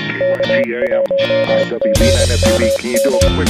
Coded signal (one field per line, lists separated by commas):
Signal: Morse code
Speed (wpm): 25 wpm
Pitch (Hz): 550 Hz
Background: speech, music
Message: K1GMM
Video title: Magnetic Loop Build 15 thru 75 Meters High Power/High Efficiency